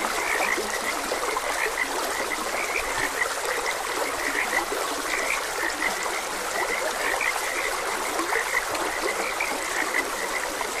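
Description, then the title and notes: Overlapping frog croaks pulse continuously throughout over gently running water. Frogs croaking beside a gentle stream. "Gentle Stream and Frogs Croaking. Sleep and Relaxation Podcast"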